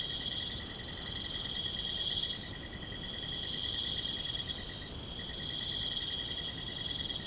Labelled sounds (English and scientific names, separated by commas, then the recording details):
none
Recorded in pastures near Puerto Asís, Putumayo, Colombia, on 22 June 2025 at 22:00
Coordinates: 0.472, -76.331
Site G095